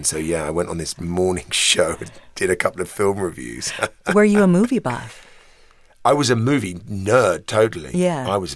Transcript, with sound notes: And so, yeah, I went on this morning show and did a couple of film reviews (laughter).
Were you a movie buff?
I was a movie nerd. Totally.
Yeah.